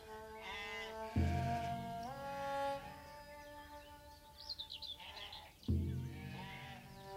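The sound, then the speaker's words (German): A flock of sheep being driven along by a shepherd bleats in a wavering, nasal chorus, with two loud bursts of overlapping calls separated by quieter stretches of softer bleating and a few brief chirps, and no voices. “Die Schafe müssen nie eine Entscheidung fällen.”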